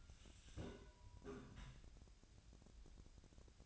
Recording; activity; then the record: daily activity, microphone in the room; take from stove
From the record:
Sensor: 2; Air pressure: 1009.8 hPa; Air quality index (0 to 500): 181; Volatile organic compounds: 10 ppm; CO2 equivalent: 2260 ppm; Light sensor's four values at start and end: 31/77/33/37 and 31/77/33/37